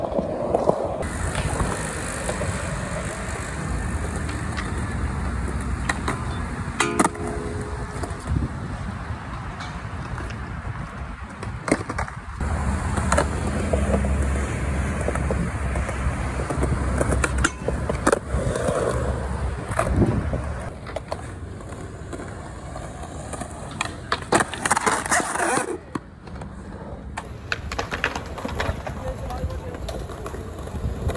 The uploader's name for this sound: afternoon of skateboarding, doing some tricks, including falling